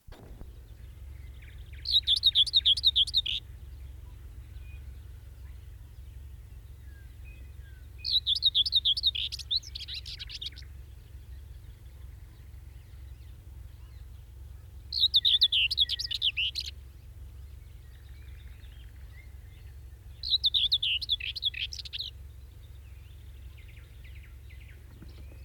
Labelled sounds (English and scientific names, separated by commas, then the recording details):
Common Whitethroat (Sylvia communis) song
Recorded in the wild
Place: Neklade, Insel Rügen, Mecklenburg-Vorpommern, DE
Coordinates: 54.396, 13.446
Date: 1971-05-27
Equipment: Nagra III BH, Sennheiser MD 21, parabola
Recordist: Schubert, Michael